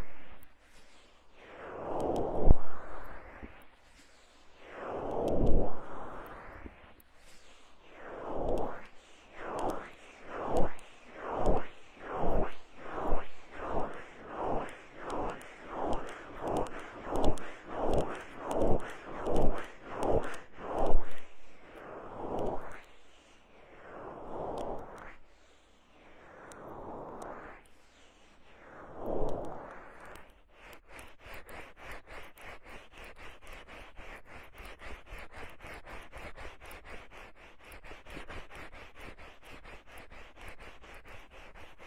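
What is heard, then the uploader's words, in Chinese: Ear massage: soft rubbing strokes swell and fade, slow at first, then quickening into a fast, even rhythm from about eight to twenty seconds before slowing again. After thirty seconds they give way to a steady, dense, crackly rubbing that continues to the end. 放松按摩耳朵。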